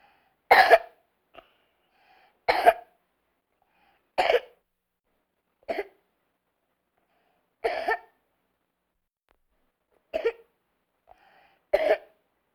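Seven short, sharp cough bursts from a child come at fairly even intervals of about one and a half to two seconds, with brief, faint breaths drawn between them.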